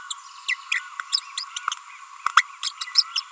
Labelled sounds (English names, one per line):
Green-rumped Parrotlet babbling